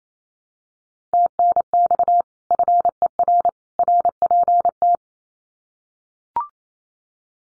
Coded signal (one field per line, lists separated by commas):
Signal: Morse code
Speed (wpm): 28 wpm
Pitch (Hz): 700 Hz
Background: none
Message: TNX FER RPT